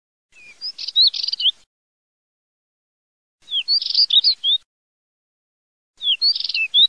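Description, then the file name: Spectacled warbler song: short, scratchy, high-pitched twittering phrases of quick notes, repeated every few seconds. "STERPAZZOLASARDA"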